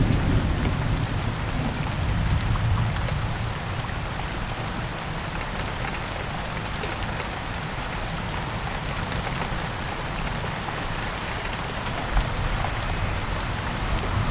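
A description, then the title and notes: Steady, dense rain hisses evenly throughout, with a low rumble of distant thunder rolling under it during the first few seconds. 2 hours of Rain and Thunder.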